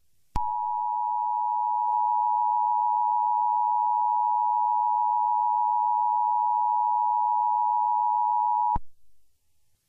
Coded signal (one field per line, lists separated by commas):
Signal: Emergency Alert System (SAME) tones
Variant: 853 and 960 Hz attention tone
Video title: Darwin screaming on mic EAS Meme